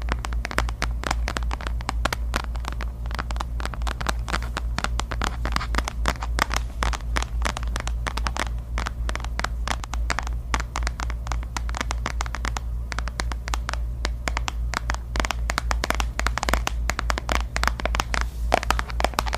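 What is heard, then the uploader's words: Long nails tap and scratch across objects in a dense, quick, uneven patter of crisp clicks and scrapes over a steady low hum. Tapping and scratching on many new objects, with my super long nails.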